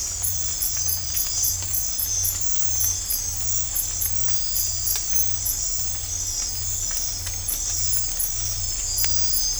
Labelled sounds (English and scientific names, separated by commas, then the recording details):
none
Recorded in dense forest near Puerto Asís, Putumayo, Colombia, on 15 December 2024 at 04:30
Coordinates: 0.503, -76.323
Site G043